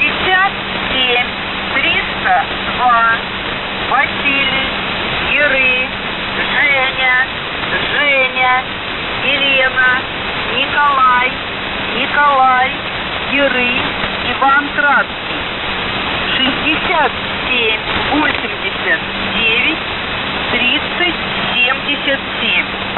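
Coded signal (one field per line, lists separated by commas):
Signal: coded military voice message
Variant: Russian, The Goose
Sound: a Russian voice reads number groups and spells a word using phonetic names, over static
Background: radio static, low hum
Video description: 01:12 - Воздух Охват-98 57302 ВЫЖЖЕННЫЙ 6789 3077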